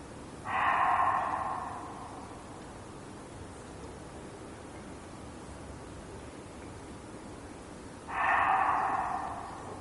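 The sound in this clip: Reeves's muntjac barking twice, one rough, breathy call near the start and another about eight seconds later, with quiet hiss between.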